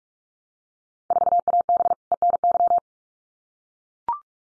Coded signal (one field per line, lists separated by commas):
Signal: Morse code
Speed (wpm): 44 wpm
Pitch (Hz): 700 Hz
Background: none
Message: 4AB ENY